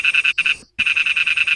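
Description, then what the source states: Lesser toad call: a fast, buzzy pulsed trill, broken by a couple of short silent gaps. Also called Malayan dwarf toad; shares its range with the Asian common toad; recorded by Zaharil Dzulkafly.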